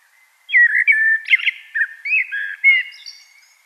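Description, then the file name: Common blackbird singing a rich, mellow warble of varied fluted notes, with a few sharp squeaky accents and a thin high twitter near the end. "Turdus merula"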